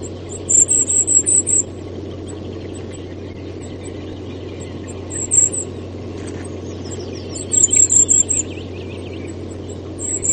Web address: goldcrest